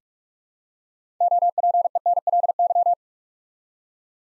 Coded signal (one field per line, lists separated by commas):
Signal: Morse code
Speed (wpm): 44 wpm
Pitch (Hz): 700 Hz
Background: none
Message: OPENLY